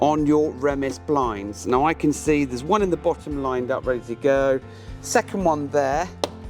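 During a wing mirror refit on a Fiat Ducato, someone talks over music while lining up the small plastic locating lugs on the cab's Remis window-blind trim with their slots in the door trim. Nothing has seated or clicked into place yet.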